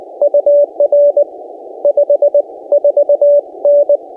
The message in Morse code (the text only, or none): UR 54N